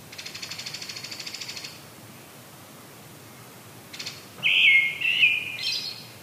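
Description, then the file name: Brown-headed thrush song: a warbled phrase with a high ending, preceded by a rapid, evenly pulsed high rattle. "akahara"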